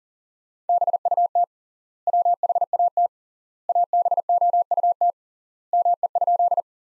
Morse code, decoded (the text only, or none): BUT WHAT ABOUT ME?